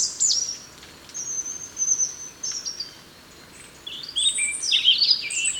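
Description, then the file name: European robin song: very high drawn-out whistled notes followed by a burst of quick, tumbling, sparkling warbles near the end. "Erithacus rubecula"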